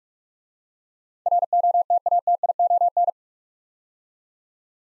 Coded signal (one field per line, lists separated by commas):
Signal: Morse code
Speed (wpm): 44 wpm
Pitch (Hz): 700 Hz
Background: none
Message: ROTATION